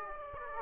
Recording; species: mosquito wingbeat signal from an infrared sensor; Aedes aegypti